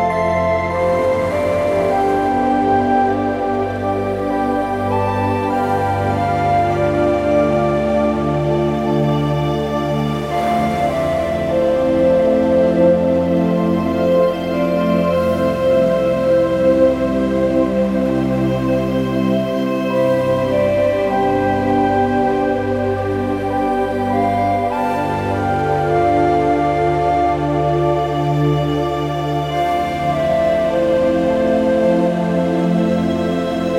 Peaceful track set against gentle ocean sounds